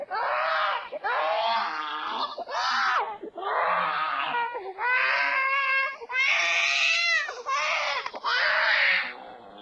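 About seven loud, high-pitched wails follow one another in close succession, each an arching cry around a second long separated by brief gasps, roughly 44 bursts a minute. This is an ordinary vigorous infant cry.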